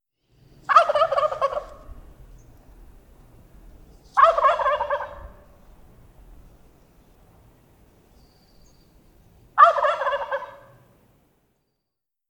Wild Turkey gobble from a male recorded at the Alluvial Fan in Rocky Mountain National Park.